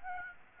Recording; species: mosquito wingbeat signal from an infrared sensor; Aedes aegypti